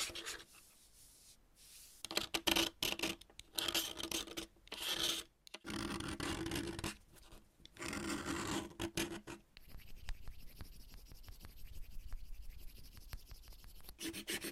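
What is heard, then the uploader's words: Chalk being cut and scraped, in bursts of gritty rasping that start and stop irregularly, with a few light clicks and snaps early on. After about ten seconds the sound turns into a steadier, finer crumbling scratch with quick ticking grains. Chalk Cutting. No Talking.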